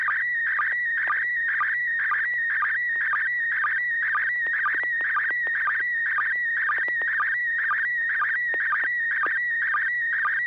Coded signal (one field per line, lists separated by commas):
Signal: SSTV (slow-scan television)